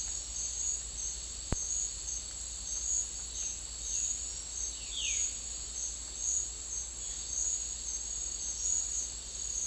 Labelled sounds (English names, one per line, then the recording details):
none
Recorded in secondary vegetation near Puerto Asís, Putumayo, Colombia, on 8 March 2025 at 11:30
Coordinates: 0.499, -76.323
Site G094